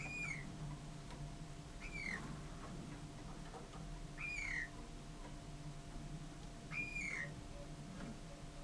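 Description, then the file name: Eurasian bullfinch calls: soft, mellow whistled notes that fall slightly in pitch, given about every two to three seconds over a steady low hum. "Pyrrhula pyrrhula"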